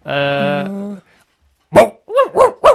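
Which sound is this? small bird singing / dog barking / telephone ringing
dog barking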